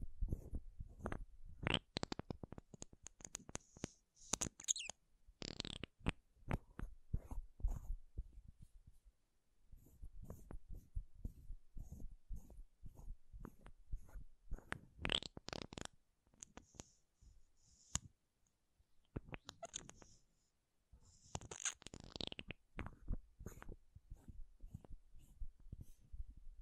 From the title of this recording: MAKEUP TAPPING & SCRATCHING